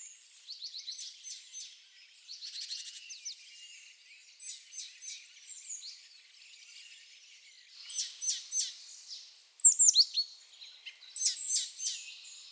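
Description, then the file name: Great tit calling: repeated high, thin chirps in irregular bursts through the whole stretch, with busier, louder notes toward the end. "Parus major"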